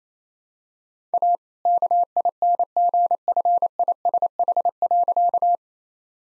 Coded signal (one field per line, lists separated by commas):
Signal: Morse code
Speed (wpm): 28 wpm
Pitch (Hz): 700 Hz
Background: none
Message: A KINGFISH.